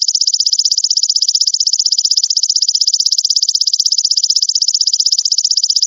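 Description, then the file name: Katydid call: an unbroken high, rasping pulse train repeating quickly and evenly for the full stretch, with no other sound present. "suara belalang daun"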